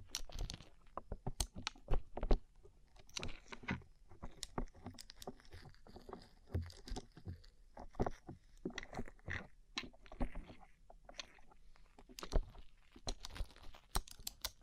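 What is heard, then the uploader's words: Rhinestone-covered tapping in quick, irregular clusters of bright clicks and taps, with short pauses between, continuing steadily throughout. ASMR Rhinestone Covered Tapping 3Dio (No Talking).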